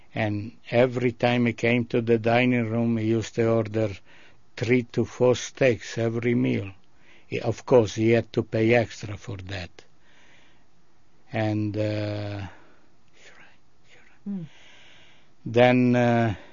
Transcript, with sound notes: And every time he came to the dining room he used to order three to four steaks, every meal. He, of course, he had to pay extra for that. (he pauses) And then